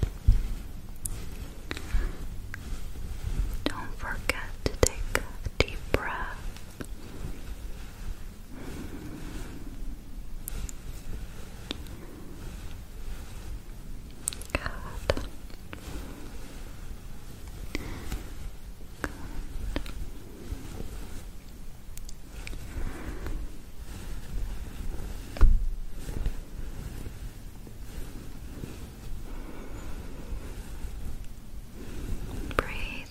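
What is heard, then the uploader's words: Scratching and rubbing on fabric or skin goes on throughout in short, uneven strokes, with sharp bright scrapes standing out around 4–6, 10, 15 and 25 seconds. A low, steady rumble like handling noise sits beneath it the whole time. ASMR scratching your back.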